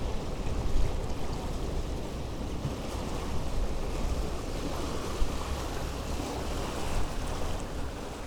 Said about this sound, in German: Erfreulicherweise ist das Wasser da. Wellen schwappen ans weiße Pegelhaus am Ende der Mole und der Wind peitscht die Gischt auf den Teer.